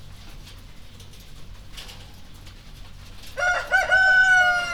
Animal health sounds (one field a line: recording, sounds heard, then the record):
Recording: poultry house recording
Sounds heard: healthy chickens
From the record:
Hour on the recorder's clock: 1